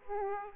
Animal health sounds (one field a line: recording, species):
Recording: mosquito wingbeat signal from an infrared sensor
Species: Aedes aegypti